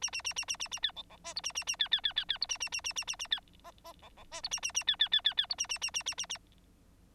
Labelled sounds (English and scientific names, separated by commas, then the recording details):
Bengalese Finch (Lonchura striata domestica) song
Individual Bird9